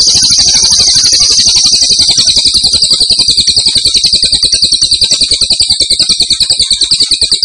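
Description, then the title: Grey-cheeked tit-babbler song, continuous fast rattling trill of high buzzy notes throughout. Actively singing (gacor) with a strong voice. "Cililin AMPUH 5. Cililin Gacor Suara Mantap"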